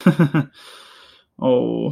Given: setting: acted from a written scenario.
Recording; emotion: vocal sound without words; embarrassment